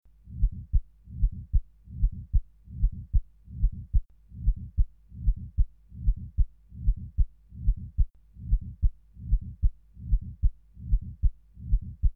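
A regular heart rhythm at about 75 beats a minute, each beat carrying a scratchy, grating low-pitched sound with several components. This is a pericardial friction rub, a sign of inflamed pericardial layers rubbing against each other.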